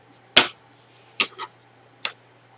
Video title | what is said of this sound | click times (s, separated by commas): Circus - Part 2 The Train | it goes it goes into place and you can kind of hear them snap when | 0.4 s